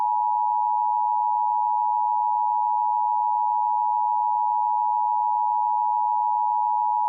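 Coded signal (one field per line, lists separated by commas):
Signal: Emergency Alert System (SAME) tones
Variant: 853 and 960 Hz attention tone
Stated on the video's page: Fictional EAS scenario about a tornado hitting Memphis.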